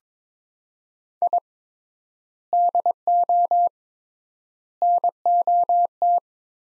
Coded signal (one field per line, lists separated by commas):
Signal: Morse code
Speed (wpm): 22 wpm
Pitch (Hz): 700 Hz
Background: none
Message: I DO NOT